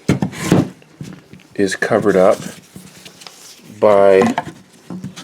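Someone talks while handling a separate back plate piece for the body of a studio-scale AT-ST walker model kit, with a few faint taps and rubs of the parts between phrases. The plate is being brought to be pressed into the body, but nothing has seated or clicked yet.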